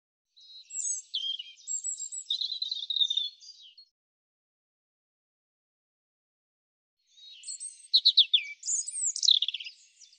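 European robin giving two separate song phrases of high, rippling warbles and trills, split by about three seconds of silence.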